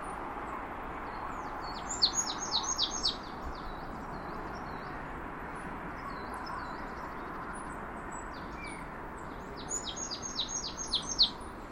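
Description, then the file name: Marsh tit calls: two short bursts of rapid, high repeated notes, several seconds apart, over a steady low background hiss. "Poecile palustris"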